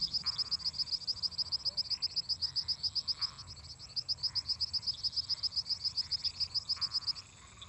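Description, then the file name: Crickets chirping in a steady, high-pitched pulsed series about four per second, over a lower buzzy chorus of frogs and toads. Crickets singing constantly together with toads and frogs. "Grilos cantando constantemente em conjunto com sapos e ras"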